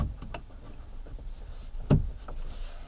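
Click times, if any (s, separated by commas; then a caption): 0.3 s, 1.9 s. A plastic dash trim piece is lined up at its connection points, bent slightly and pushed into the center console around the head unit of a Porsche 991 with a PCM 3.1 and NAV-TV. Sharp snaps are heard at 0.4 s and 1.9 s as the piece seats in place.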